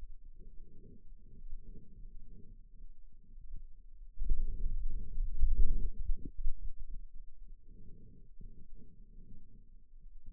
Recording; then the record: forearm muscle sounds (acoustic myography)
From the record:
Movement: finger pinch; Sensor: system 2, bracelet of six BSWA MPA416 microphones around the upper forearm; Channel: 4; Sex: male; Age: 22 years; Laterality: right